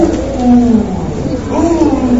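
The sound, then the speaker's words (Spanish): A voice imitates a pigeon's cooing as the sound of someone ruminating or meditating, with low, throaty, rolling hums in two wavering phrases, steady and moderately loud, with no spoken words. “Le hago la apuesta: el que rumia tiene el sonido de la paloma.”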